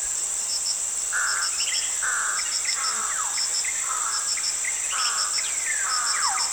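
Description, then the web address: Black-winged flycatcher-shrike calling, short mid-pitched notes repeated, some sliding downward, over a steady high insect drone and scattered high chirps. Recorded at Danum on 1 January 2008. "DANUM 20080101. black-winged flycatcher-shrike"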